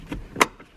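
The second rear dome light piece of a 2014–2020 Mercedes-Benz GLA250 is pressed into the headliner, with soft handling rustles around 0.1 s and 0.6 s. A sharp plastic clip snap at 0.4 s marks the piece seating firmly in place.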